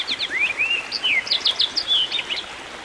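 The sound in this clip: Songbird song: a rapid, varied run of high whistled notes, slurred sweeps and short chips over a steady background hiss.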